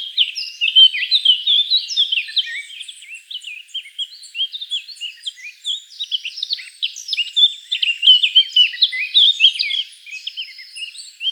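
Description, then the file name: Eurasian blackcap giving a continuous lively warble, rapid chirps and scratchy slurred notes tumbling over one another for the whole stretch. "Sylvia atricapilla"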